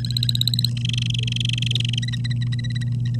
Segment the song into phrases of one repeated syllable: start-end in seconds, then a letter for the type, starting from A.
0.00-0.69 A, 0.77-1.99 B